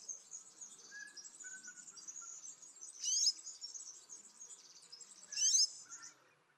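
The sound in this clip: Twite song: a continuous high, buzzy twittering with rapid chattering notes, two louder sharp bursts about two seconds apart, and a few lower whistled notes beneath.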